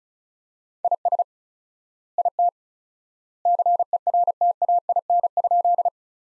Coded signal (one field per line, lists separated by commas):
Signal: Morse code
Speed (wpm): 36 wpm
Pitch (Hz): 700 Hz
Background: none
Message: IS IT CERTAIN?